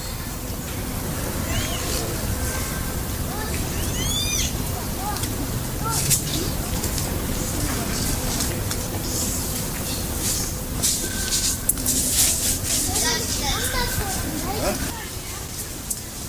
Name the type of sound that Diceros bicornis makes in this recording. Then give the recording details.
call. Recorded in captivity. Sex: male. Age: juvenile. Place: Zoo Berlin, Berlin, DE. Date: 2008-08-12 14:42. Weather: overcast, ca. 23°C. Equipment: Sony WM-D6C, Sennheiser ME 80, Kopie Uher 4000 Report Monitor. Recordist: Tembrock, Günter. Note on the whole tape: Das Junge Männchen "Kito" (geb.: 3. April 2008) folgt der Mutter (vor Fütterung)